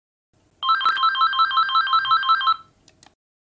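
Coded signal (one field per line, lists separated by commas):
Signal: none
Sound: phone ringtone beeps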